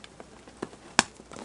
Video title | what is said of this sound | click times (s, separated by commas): How to Install Lights into Our Holiday Singing Faces | gonna twist see then it pops right in | 1.0 s